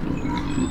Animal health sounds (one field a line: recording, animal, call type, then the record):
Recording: contact call of a hoofed animal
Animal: wild boar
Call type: grunt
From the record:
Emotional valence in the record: negative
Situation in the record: naturally occurring agonistic interactions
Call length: 0.71 s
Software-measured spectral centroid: 1560 Hz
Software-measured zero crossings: 1170 a second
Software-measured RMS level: -24 dBFS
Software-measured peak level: -11 dBFS